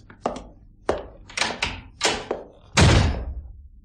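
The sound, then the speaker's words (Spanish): A quick series of sharp wooden knocks and thuds, then a heavy door slams shut with a loud, booming impact that rings out briefly. No voices. “Me ha dado con la puerta en las narices.”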